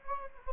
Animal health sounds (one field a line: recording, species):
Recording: mosquito wingbeat signal from an infrared sensor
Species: Anopheles gambiae